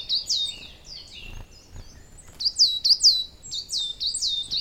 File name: Coal Tit, Tannenmeise